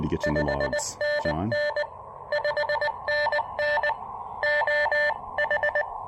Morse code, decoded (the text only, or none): 5NN 5NN OH